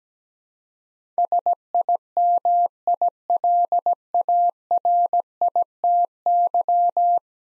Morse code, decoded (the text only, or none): SIMILARITY